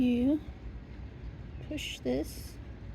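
A plastic zip tie is being pushed through the holes of a hanging basket hanger toward its own locking head while someone talks. Nothing has clicked or seated yet.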